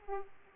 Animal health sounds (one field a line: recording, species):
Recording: mosquito wingbeat signal from an infrared sensor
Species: Aedes aegypti